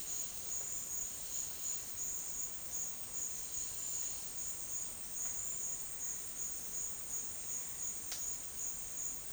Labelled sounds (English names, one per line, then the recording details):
none
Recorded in dense forest near Puerto Asís, Putumayo, Colombia, on 4 March 2025 at 10:30
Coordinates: 0.481, -76.323
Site G088